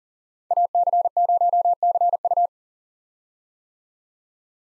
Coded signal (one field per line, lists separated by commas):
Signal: Morse code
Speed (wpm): 40 wpm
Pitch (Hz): 700 Hz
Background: none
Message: AC0CU